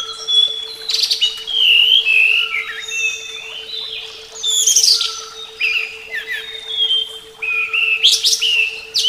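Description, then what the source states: Flycatcher singing a long run of quick whistles, twittering trills and sweeping slurs, pausing briefly between bursts, with a steady hum beneath. Flycatcher song presented as therapy (terapi); uploaded 2014.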